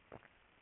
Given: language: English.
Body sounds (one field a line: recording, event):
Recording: throat vibration sensor signal played as sound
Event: swallow